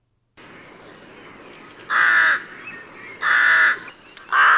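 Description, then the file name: Crow calling with three loud, harsh caws over a quiet, hissy background, the last one cut off at the end. "Corvo"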